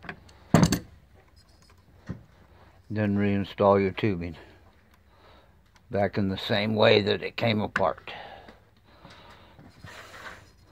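Plastic misting line tubing is handled as it is reinstalled into the push-to-connect fitting on a bulkhead assembly for a 0.15 GPM and 0.30 GPM system. A few sharp handling knocks come near the start, around 0.5–0.7 s, while someone talks. The tubing has not been pushed home yet, and nothing has clicked or seated.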